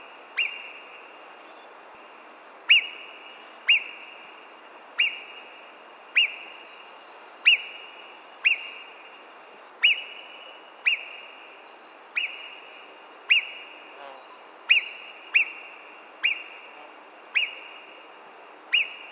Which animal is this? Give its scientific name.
Marmota marmota